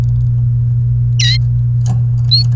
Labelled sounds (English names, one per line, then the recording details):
Domestic Canary song
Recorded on 29 April 2018 at 11:57
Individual llb3